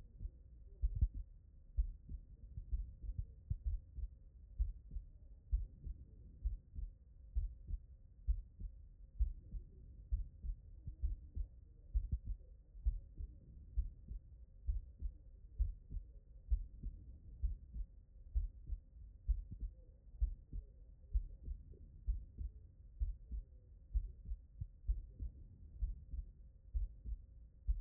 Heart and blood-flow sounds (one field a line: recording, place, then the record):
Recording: heart sounds by stethoscope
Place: tricuspid valve (TV)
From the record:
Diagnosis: non-HFrEF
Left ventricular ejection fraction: 70%